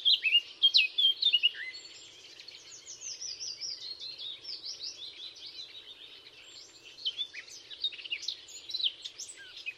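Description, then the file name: Eurasian blackcap song opening with a loud burst of clear warbled notes, dropping to soft rapid chattering, then rising again into brighter phrases near the end. "Sylvia atricapilla"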